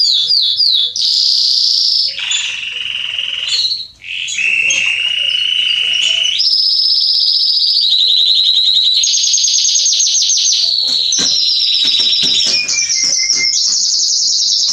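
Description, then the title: Canary song of rapid trills and rolls, switching between high sweeping notes and lower buzzy tours, loud and continuous with a brief pause near four seconds. Male Belgian canary singing a lot, meant to warm up and stimulate young canaries. "Canary Training Esquente Seu Filhote E Canario Belga Em 30 Minutos Macho Cantando Muito. CANTO DO CANRIO"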